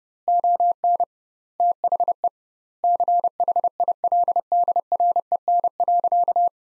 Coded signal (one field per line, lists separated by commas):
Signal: Morse code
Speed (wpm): 30 wpm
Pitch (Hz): 700 Hz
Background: none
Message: ON THE CHILDREN.